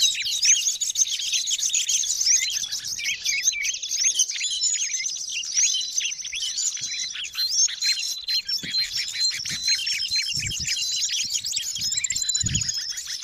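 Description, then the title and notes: Birds in a dense chorus, many high chirps and twittering trills overlapping without pause, with a few soft low thumps near the end. Noisy birds, used as a lure for bird trapping. "Master Burung Ribut Durasi Panjang. Burung Ribut Pikat"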